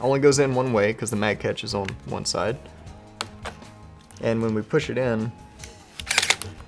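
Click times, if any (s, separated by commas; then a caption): 6.0 s. Someone talks over music as the polymer, magazine-shaped battery block of a Mantis Blackbeard dry-fire training system is pushed into an AR-15 rifle's magwell, which it fits only one way because the mag catch is on one side. It clicks into place as the mag catch engages at 6.0 s, seating the block. A quick run of sharp clicks follows as the unit cycles a few times.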